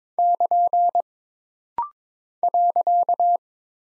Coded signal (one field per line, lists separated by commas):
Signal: Morse code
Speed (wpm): 22 wpm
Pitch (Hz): 700 Hz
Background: none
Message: <KN> .